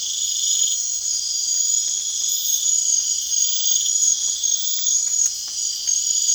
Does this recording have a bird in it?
no